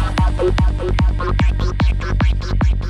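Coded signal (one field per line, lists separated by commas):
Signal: none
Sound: electronic music beeps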